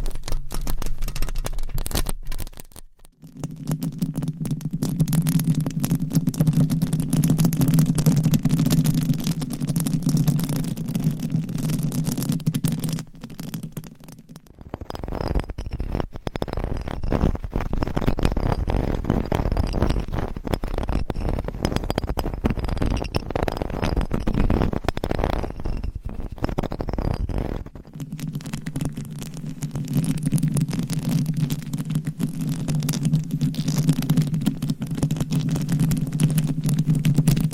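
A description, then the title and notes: Close, muffled rubbing and scratching on microphone covers, alternating between a low, soft droning texture and denser, brighter scraping. From about 3 to 14 seconds and again after 28 seconds a steady low hum dominates; between 15 and 27 seconds rougher, busier nail scratching fills in. ASMR with 60 MICS!Different Mic Covers & Nails Mic Scratching , Massage & More No Talking.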